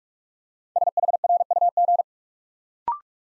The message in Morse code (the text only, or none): SHRUG